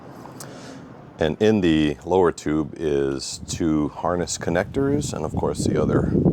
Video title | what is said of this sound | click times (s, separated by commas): Unboxing The Okai Neon Ultra E-scooter: Let's Open It Up! | push this lever down and then it locks in place as a as like a safety | 0.3 s, 0.4 s